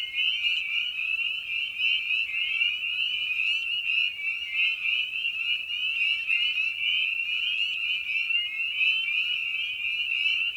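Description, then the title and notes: Spring peeper chorus of countless high upslurred peeps overlapping into a steady ringing wall of sound. Evening at a frog pond; presented in a modified format intended as a sleep aid. "Episode 5: Night of the Peepers. frog pond. Spring Peeper (Pseudacris crucifer). Ian Carlsen"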